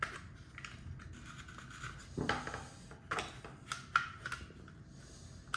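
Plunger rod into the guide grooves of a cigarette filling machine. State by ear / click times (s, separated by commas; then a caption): not seated / none. During reassembly of a Powermatic Mini manual cigarette-filling machine, the metal plunger rod is worked into its plastic guide grooves. Light scraping and tapping fill the clip, with sharp ticks at about 0.0, 2.3, 3.7, 4.0 and 5.5 seconds. The rod has not seated or clicked into place yet.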